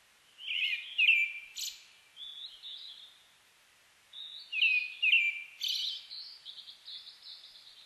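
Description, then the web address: Brown-headed thrush singing two strophes about four seconds apart, each made of short rich whistled phrases ending in a high, thin, twittering flourish. Recorded 29 May 2004. "2004 040529 akahara"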